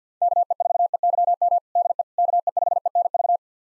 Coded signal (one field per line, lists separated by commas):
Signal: Morse code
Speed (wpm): 50 wpm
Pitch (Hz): 700 Hz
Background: none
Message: KE4EYM DE KE5ENV